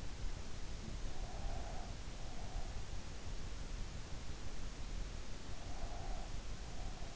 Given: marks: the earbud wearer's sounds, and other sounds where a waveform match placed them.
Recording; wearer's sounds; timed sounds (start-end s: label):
sounds in sleep by an in-ear microphone; breath
1.16-2.60 s: breath
5.52-7.15 s: breath